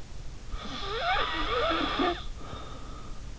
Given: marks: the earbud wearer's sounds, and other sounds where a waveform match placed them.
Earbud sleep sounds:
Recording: sounds in sleep by an in-ear microphone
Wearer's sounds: snoring breath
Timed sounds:
0.48-3.29 s: snoring breath

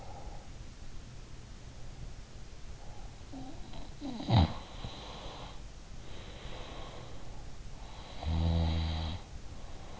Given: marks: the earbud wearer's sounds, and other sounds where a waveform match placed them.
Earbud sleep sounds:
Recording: sounds in sleep by an in-ear microphone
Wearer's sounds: breath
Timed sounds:
0.00-0.64 s: breath
3.23-7.47 s: sound from someone else or the room
7.81-10.00 s: sound from someone else or the room

